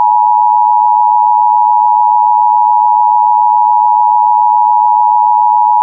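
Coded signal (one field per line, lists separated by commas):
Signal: Emergency Alert System (SAME) tones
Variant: 853 and 960 Hz attention tone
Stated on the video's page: Fictional EAS scenario about a virus plague, not a real alert.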